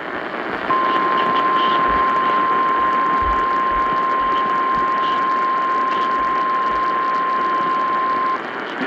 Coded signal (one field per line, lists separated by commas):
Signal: Emergency Alert System (SAME) tones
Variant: 1050 Hz attention tone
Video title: EAS 1482: NWS Nashville Flash Flood Warning over WSM-AM